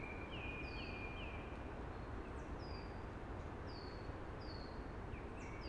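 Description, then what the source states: Eurasian blackbird song: a run of three fluted notes followed by several high, thin descending squeaks, heard through a steady hushing roar. Singing early, among conifers that are hushing.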